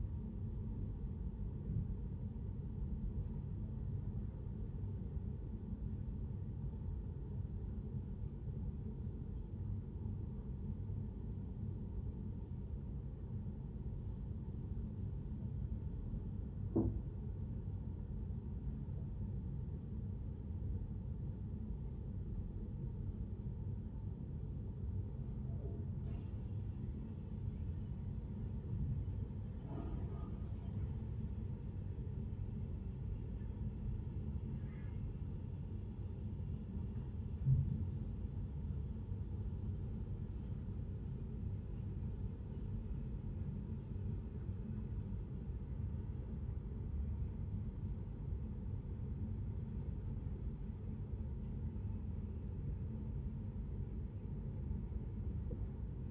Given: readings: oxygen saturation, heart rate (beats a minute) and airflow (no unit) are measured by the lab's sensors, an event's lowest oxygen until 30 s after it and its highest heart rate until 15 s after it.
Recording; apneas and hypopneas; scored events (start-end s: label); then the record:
a person awake in a sleep study, by a smartphone at the bedside; none
0.00-56.11 s: awake
From the record:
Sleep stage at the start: awake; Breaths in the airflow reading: 22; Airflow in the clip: -0.7 to 0.7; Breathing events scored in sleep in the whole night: 131 in 7.2 hours asleep